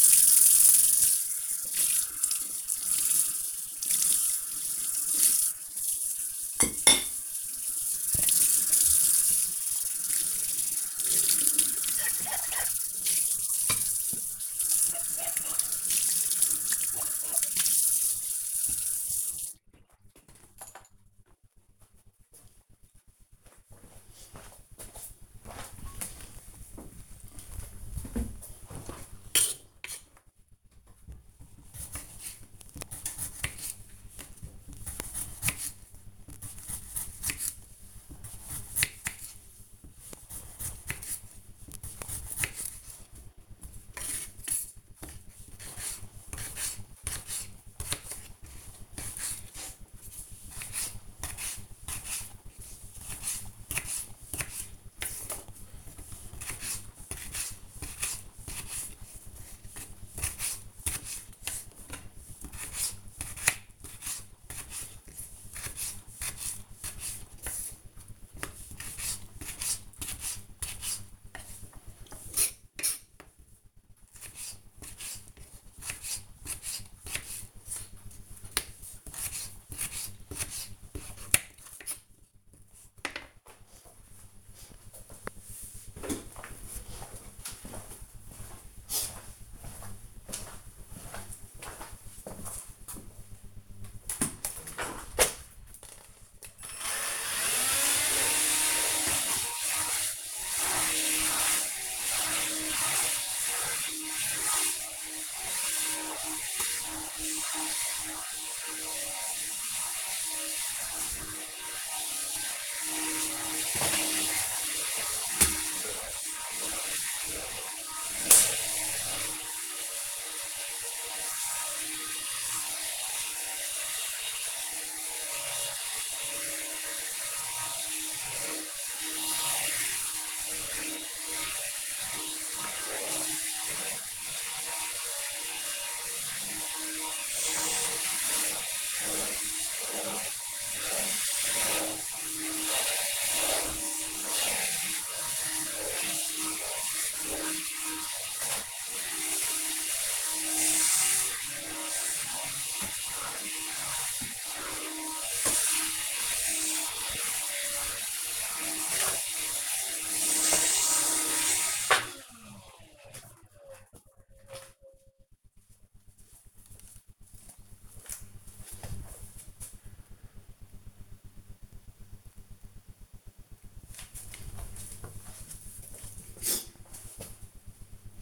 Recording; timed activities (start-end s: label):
household activities, microphone on the right wrist
0.00-19.62 s: washing dishes
30.75-83.13 s: cutting vegetables
93.19-162.77 s: vacuum cleaning